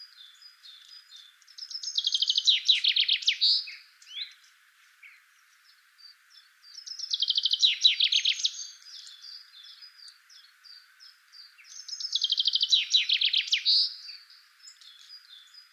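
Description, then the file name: Common chaffinch song, three loud trilled phrases falling to a terminal flourish, repeated about every five seconds, with softer high chips between phrases. "Fringilla coelebs"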